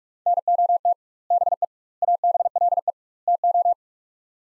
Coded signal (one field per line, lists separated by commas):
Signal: Morse code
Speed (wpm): 47 wpm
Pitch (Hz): 700 Hz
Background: none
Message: NOT BE ABLE TO